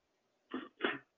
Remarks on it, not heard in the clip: I'm a 58-year-old male. It'll take a little bit of clearing. I suffered a stroke in April of 2016, and that led to my swallowing difficulties.